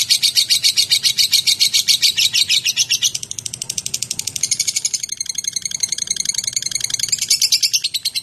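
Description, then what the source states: Lovebird chattering in a fast, harsh stream of high chirps, loudest in the first three seconds and then slightly softer. Described with the term 'konslet'.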